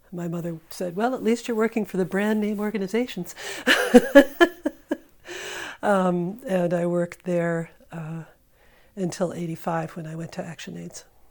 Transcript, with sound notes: My mother said, "Well, at least you're working for the brand-name organizations." [laughter] And I worked there until '85, when I went to ActionAIDS.